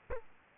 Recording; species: mosquito wingbeat signal from an infrared sensor; Culex quinquefasciatus